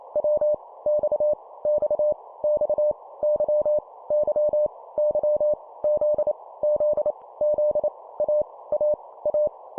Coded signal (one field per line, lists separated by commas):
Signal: Morse code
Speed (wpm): 28 wpm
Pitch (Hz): 600 Hz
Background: none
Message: W X X X Y Y Y Z Z Z A A A